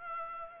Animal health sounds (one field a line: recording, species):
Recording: mosquito wingbeat signal from an infrared sensor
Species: Culex pipiens